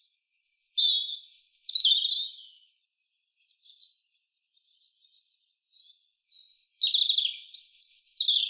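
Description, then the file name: European robin delivers high, sweet phrases with sudden pitch jumps and downward slides, separated by a quiet spell of faint twittering. "Erithacus rubecula"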